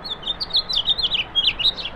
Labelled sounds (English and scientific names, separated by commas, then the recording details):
House Finch (Haemorhous mexicanus) song
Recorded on Long Island, New York, on 18 April 2012
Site GC
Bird A